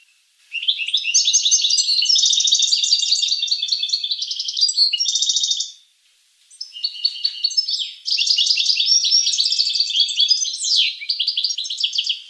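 Finch delivering long phrases of fast, high buzzy trills, one lasting about five seconds, a brief pause, then another lively trilled phrase.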